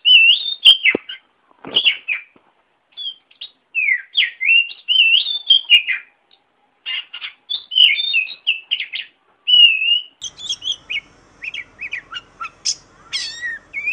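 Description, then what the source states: Oriental magpie-robin giving rich whistled song with sharp clicks and slurred notes; phrases turn thinner and higher toward the end. Singing vigorously in the ngeplong style; tutor track for training birds.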